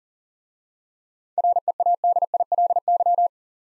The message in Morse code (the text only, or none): READILY